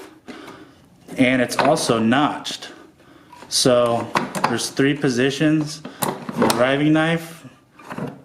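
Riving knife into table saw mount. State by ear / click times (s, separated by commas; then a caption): not seated / none. Someone talks while handling the riving knife of a Hitachi Metabo HPT C10RJS table saw, with the quick-connect lever released, above its notched three-position mount. A brief soft knock sounds near 7.8 s, but the knife has not yet seated or clicked into place.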